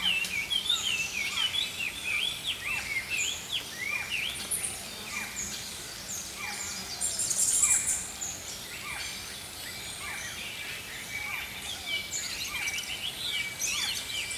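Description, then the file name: Songbirds trilling and chirping in an overlapping chorus, quick repeated notes from several birds with a brief louder high flourish midway, over background hiss. Early morning. "Healing Power Natural Sounds Oasis - Early Morning Songbirds"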